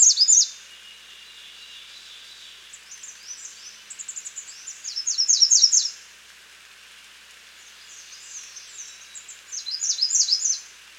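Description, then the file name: American redstart singing short bursts of high, sharp, quickly repeated notes, several phrases within eleven seconds, some quieter phrases between louder ones. "Setophaga ruticilla - American Redstart"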